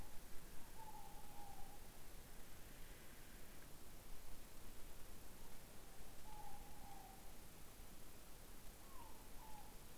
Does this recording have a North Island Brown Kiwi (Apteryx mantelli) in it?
no